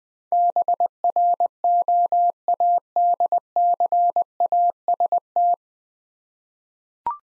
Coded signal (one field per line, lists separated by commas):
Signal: Morse code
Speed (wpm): 20 wpm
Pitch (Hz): 700 Hz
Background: none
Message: BROADCAST